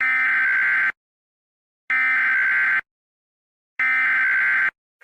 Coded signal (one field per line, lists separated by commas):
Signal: Emergency Alert System (SAME) tones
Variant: header bursts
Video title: EAS Comedy: Evil Killer Clown Alert